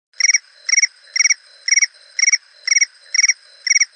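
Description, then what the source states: Cricket chirping in a steady rhythm, about two short trilled chirps per second, each made of a few rapid pulses, repeated evenly with silence between. An iPhone 5 ringtone.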